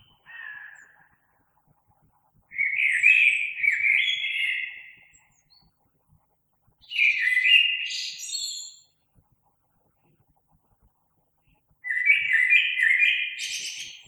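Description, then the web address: Common blackbird singing several separate phrases. Each is a rich, low whistled warble ending in scratchy high twitters, with clear pauses between phrases. Recorded 3 March 2020. "oiseaux Merle 2020 03 03"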